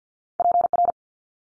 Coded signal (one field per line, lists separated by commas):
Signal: Morse code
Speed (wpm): 50 wpm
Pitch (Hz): 700 Hz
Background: none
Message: PR